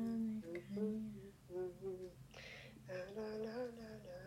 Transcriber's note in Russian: напевает